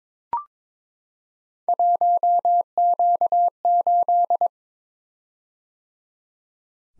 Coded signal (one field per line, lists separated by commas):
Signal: Morse code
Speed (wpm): 22 wpm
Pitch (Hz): 700 Hz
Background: none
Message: 1Q8